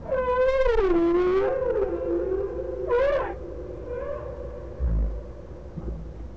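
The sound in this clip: Whale call: a long harmonic moan dipping then levelling off, followed by a short cry at three seconds and faint low knocks.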